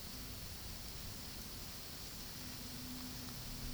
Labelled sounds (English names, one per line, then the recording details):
none
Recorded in pastures near Puerto Asís, Putumayo, Colombia, on 20 February 2024 at 13:30
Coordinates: 0.486, -76.323
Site G6462